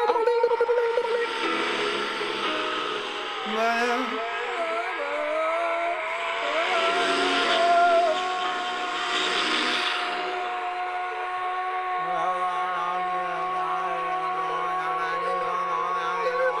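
Echoes piling on echoes build into a feedback howl: dense, sustained ringing tones with early sliding pitches, then a low hum.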